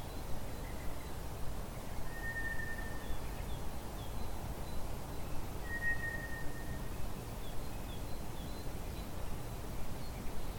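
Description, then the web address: White's thrush song: two long, level, pure whistles about three and a half seconds apart, each lasting roughly a second, over a steady low rumble with faint high chirps from other birds. "drozd"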